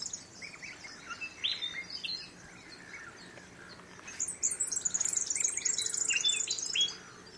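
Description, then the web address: Bird calls: scattered high chips and squeaks at first, then a sustained burst of fast, shrill twittering from about four seconds, ending in quiet hiss. Unidentified bird calls recorded in mangroves. "Sound Effects-Foundation 1 BIRD UNKNOWN MAGROVES"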